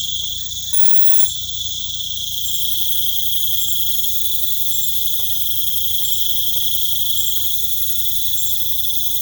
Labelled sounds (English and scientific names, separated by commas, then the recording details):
none
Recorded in pastures near Puerto Asís, Putumayo, Colombia, on 18 December 2024 at 21:00
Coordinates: 0.472, -76.331
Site GP02